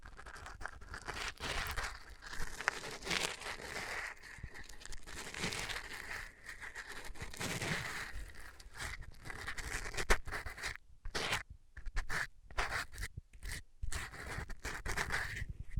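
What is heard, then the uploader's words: A band aid is peeled and ripped off, a dense run of crackly, papery tearing and scraping that rises and falls for the first ten seconds. After that it breaks into short separate rips and crinkles with brief silences between them. ASMR Ripping Off the Band Aid (No Talking).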